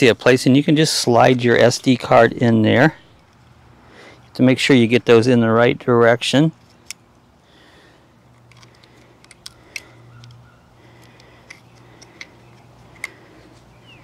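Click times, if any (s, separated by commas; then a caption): none. A microSD card is handled at the spring-loaded card slot of a Rebluum wireless solar security camera. Someone talks for the first six and a half seconds, then short faint ticks come at about 6.9, 9.5, 9.8 and 13.0 seconds over a quiet background. The card has not yet seated or clicked into the slot.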